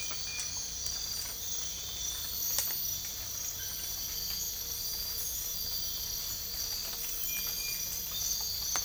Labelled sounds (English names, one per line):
none